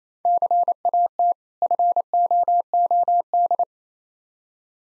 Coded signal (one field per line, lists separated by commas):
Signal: Morse code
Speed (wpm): 27 wpm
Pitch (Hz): 700 Hz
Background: none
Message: CAT FOOD